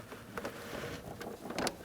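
A new spark plug wire boot is handled and pushed down toward the cylinder one spark plug on a 1997-2006 Jeep Wrangler 2.4L L4. Soft rustling handling noise is heard over a steady low background, with short sharp taps at about 0.4, 1.6 and 1.7 seconds. Nothing has seated or clicked yet.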